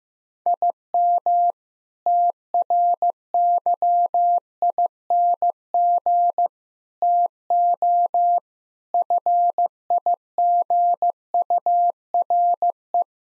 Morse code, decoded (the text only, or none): IM TRYING TO FIGURE